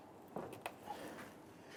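A replacement rear parking assist sensor on a 2011-2019 Ford Explorer is lined up and pushed up between the two tabs of its bracket behind the plastic bumper cover. Two sharp snaps are heard at 0.4 s and 0.7 s as the tabs click into place. The sensor is seated in its bumper bracket.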